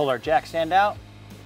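A jack stand is handled, its post about to be ratcheted up two notches in the stand to match the stand on the other side. Someone talks over music, and the clip ends before the part goes home, so nothing has seated or clicked yet.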